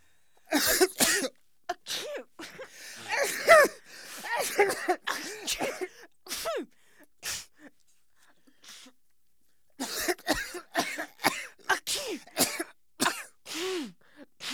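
A rapid series of sharp, explosive sneezes with voiced inhalations from a man and a woman, in two bursts.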